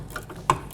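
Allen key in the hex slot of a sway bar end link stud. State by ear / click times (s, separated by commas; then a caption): stripped / 0.5 s. An Allen key held in the hex slot of a rusted rear sway bar end link stud on a 2003–08 Mazda 6, used to keep the stud still while the nut is loosened, gives a faint tick at 0.2 s, then slips with a sharp metallic snap at 0.5 s. The slot, full of sand and rust, rounds out and the Allen socket is stripped.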